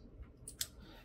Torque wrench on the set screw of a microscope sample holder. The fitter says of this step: tighten it down until the torque wrench clicks